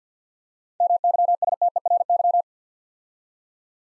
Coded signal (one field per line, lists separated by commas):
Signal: Morse code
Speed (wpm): 50 wpm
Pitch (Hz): 700 Hz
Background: none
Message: MYSTERY